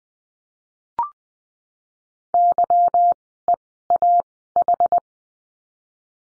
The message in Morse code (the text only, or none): YEAH